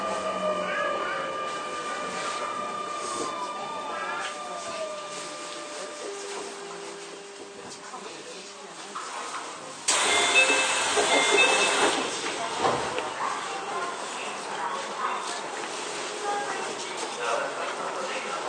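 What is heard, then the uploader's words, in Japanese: A Keio 9000 series train runs with a steady hum and thin whining motor tones that hold level, step down and slide lower over the first ten seconds. Around ten seconds a loud hissing rush cuts in and stays, rough and bright, to the end. 京王9000系 高尾山口〜つつじヶ丘。快速つつじヶ丘行を録音。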